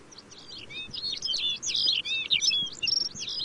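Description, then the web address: Lapland bunting delivering a quick, warbling cascade of high twittering and slurred notes, continuous and lively, over faint background hiss. "lapland bunting bird call"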